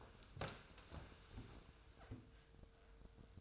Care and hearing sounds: daily activity, microphone in the room; sit down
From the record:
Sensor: 2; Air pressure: 1004.9 hPa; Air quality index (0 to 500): 96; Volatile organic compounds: 2 ppm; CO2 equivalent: 1158 ppm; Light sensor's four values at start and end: 7/17/7/7 and 7/16/7/7

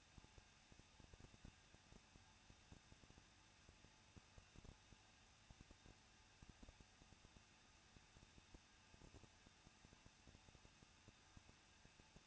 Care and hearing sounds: daily activity, microphone in the room; no activity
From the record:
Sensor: 2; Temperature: 21.0 degrees Celsius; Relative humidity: 37.3%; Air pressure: 1006.3 hPa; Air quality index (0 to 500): 220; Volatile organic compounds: 23 ppm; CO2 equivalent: 2784 ppm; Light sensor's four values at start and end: 2/3/2/2 and 2/3/2/2

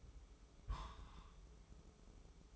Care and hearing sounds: daily activity, microphone in the room; place on stove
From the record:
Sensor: 1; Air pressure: 995.5 hPa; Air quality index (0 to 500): 30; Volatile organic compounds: 1 ppm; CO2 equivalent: 554 ppm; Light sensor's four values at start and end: 24/90/34/34 and 24/90/34/34

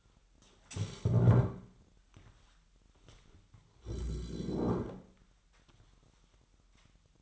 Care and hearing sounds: daily activity, microphone in the room; stand up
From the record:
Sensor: 3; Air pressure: 998.6 hPa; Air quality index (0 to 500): 128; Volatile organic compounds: 3 ppm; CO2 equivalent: 1528 ppm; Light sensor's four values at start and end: 7/17/7/8 and 9/21/9/10

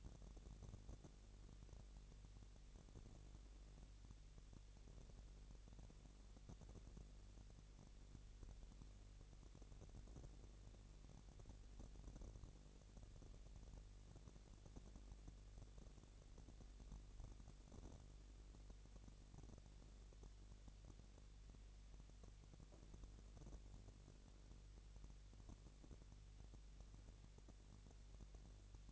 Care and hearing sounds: daily activity, microphone in the room; no activity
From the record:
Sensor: 4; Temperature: 22.5 degrees Celsius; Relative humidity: 33.4%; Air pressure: 999.6 hPa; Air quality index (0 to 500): 231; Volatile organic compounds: 21 ppm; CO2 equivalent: 2707 ppm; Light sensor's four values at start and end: 2/3/1/1 and 2/3/1/1

